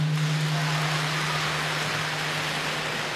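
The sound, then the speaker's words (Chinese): An audience of many children applauds steadily at a crosstalk performance in the Zhongshan Park Music Hall. The clapping is dense and unbroken and keeps an even loudness for a few seconds, along with a low electrical hum and no one speaking. “您看这掌声就热烈多了吧？”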